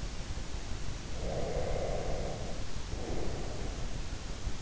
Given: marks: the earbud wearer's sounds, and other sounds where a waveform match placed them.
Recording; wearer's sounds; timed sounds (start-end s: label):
sounds in sleep by an in-ear microphone; breath
1.15-4.04 s: breath